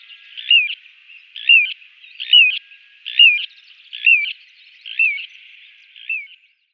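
Little ringed plover giving seven short, high, falling whistled calls spaced evenly about a second apart, then silence.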